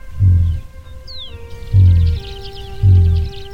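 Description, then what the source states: Houbara bustard booming: three very deep, muffled booms, with a descending whistle behind. Male sings after its courtship display run; very low booms made with bill closed, only during courtship (late January to June), at dawn and dusk, audible over 600 m, thought to attract females.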